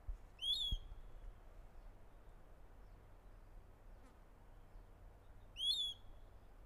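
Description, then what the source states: Piratic flycatcher giving two short, sharp, slurred notes with bright overtones, about five seconds apart, over steady low background hum. Local name tuquichico.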